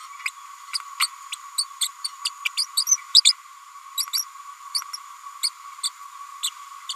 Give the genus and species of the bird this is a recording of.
Forpus passerinus